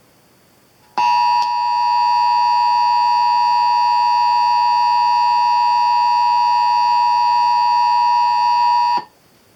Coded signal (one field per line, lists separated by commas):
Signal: Emergency Alert System (SAME) tones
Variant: 853 and 960 Hz attention tone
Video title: Severe Thunderstorm EAS - NW Michigan - 5/31/19